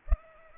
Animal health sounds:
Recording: mosquito wingbeat signal from an infrared sensor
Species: Culex pipiens

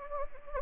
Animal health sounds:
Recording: mosquito wingbeat signal from an infrared sensor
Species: Anopheles gambiae

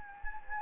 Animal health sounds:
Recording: mosquito wingbeat signal from an infrared sensor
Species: Anopheles gambiae

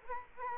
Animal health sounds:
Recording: mosquito wingbeat signal from an infrared sensor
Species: Culex quinquefasciatus

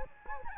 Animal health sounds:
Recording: mosquito wingbeat signal from an infrared sensor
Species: Anopheles gambiae

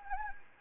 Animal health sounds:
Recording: mosquito wingbeat signal from an infrared sensor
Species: Anopheles gambiae

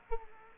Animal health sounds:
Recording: mosquito wingbeat signal from an infrared sensor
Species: Culex quinquefasciatus

